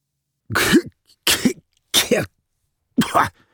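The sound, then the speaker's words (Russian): Stalkers lying on the ground a couple of metres from an explosion cough as they recover: four harsh, raspy coughs in a loose, uneven rhythm, each short and fairly loud, with brief silences between them and no talking. “Лежа на земле, в паре метров от ближайшего к ним взрыва, откашливались сталкеры, приходя в себя.”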